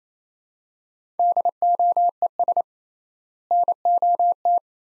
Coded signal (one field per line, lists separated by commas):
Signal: Morse code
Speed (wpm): 28 wpm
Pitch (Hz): 700 Hz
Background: none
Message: DOES NOT